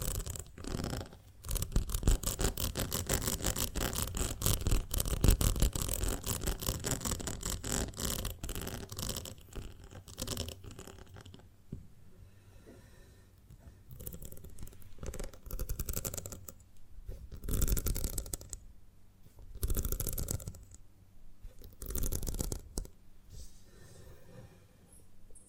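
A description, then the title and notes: A honeycomb on a branch is handled and scraped, giving a dense, crackly scratching that runs almost without pause for the first ten seconds. After that the sound breaks into shorter bursts of rustling and crunching, separated by quiet gaps. ASMR of a Honeycomb on Branch (No Talking).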